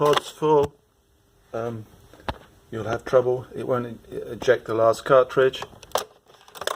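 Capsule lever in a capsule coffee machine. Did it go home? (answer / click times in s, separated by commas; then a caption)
yes / 5.9 s, 6.7 s. Someone talks, then the plastic lever of a capsule coffee machine is pushed down to eject the last used capsule into the pod container. It clicks down with a sharp click at 6.0 s, followed by a few quieter ticks and another click at 6.7 s.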